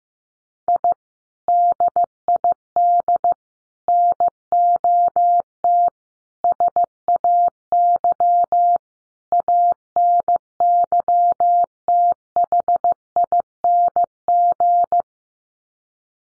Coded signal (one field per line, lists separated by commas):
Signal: Morse code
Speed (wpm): 14 wpm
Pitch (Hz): 700 Hz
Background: none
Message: I DID NOT SAY ANYTHING